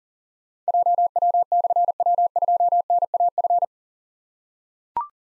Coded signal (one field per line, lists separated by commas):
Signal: Morse code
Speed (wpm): 42 wpm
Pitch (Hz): 700 Hz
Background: none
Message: JW/W2NAF